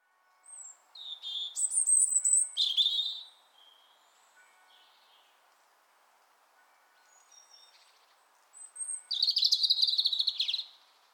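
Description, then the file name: European robin singing two varied phrases separated by a long pause, each mixing high thin whistles, warbles and fast jangling trills. "Erithacus rubecula"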